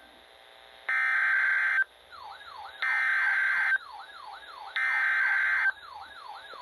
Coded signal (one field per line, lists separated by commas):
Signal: Emergency Alert System (SAME) tones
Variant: header bursts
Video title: (LEGIT CRAZINESS 5/MULTIPLE DAY ALERTS 2) EAS Alerts from 4/5/25 - 4/6/25